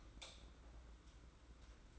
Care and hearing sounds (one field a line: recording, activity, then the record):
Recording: daily activity, microphone in the room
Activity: light off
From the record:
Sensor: 3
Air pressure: 991.9 hPa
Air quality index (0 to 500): 223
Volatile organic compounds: 1000 ppm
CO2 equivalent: 7638 ppm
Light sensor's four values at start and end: 18/45/18/17 and 16/39/15/14